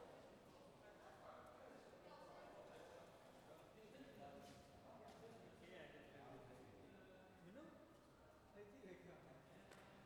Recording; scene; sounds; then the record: everyday scene through a hearing-aid microphone; reverberant space; background noise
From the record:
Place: railway station hall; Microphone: behind the ear, left, rear